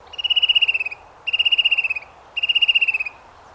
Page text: Bird Fan Tailed Cuckoo Call. Birds in Queensland